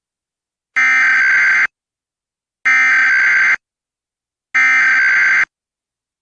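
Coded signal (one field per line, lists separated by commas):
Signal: Emergency Alert System (SAME) tones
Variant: header bursts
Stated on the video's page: Mock National Periodic Test, made with EASyKIT and Audacity.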